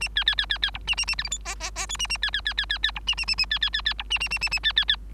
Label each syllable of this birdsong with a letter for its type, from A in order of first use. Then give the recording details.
A B B B B B C A A A D E F G G G H A A B B B B B B C A A A A B B B B C A A A A A B B B. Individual Bird3